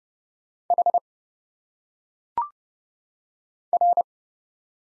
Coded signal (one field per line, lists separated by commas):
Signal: Morse code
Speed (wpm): 29 wpm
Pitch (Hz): 700 Hz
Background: none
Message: H R